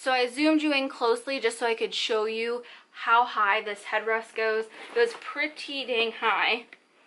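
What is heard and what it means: Someone talks while handling the adjustable headrest of a Chicco NextFit Zip convertible car seat, which is raised with its button toward the highest height notch in the seat shell. Only speech is heard. The headrest has not yet clicked or locked into the top position.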